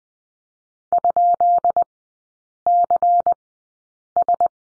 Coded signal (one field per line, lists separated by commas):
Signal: Morse code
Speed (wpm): 20 wpm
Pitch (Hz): 700 Hz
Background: none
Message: ?CS